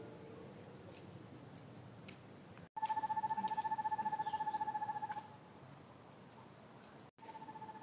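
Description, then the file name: Asian barred owlet call: a steady, rapidly pulsed whistled trill on one pitch, lasting about two and a half seconds, with another trill starting at the end. Recorded 3 March 2021. "Glaucidium-cuculoidesv-2021-03-03"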